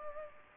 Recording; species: mosquito wingbeat signal from an infrared sensor; Culex pipiens